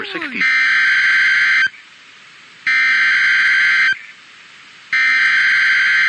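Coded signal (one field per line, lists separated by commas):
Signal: Emergency Alert System (SAME) tones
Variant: header bursts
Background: speech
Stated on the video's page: Real EAS captures of severe weather alerts.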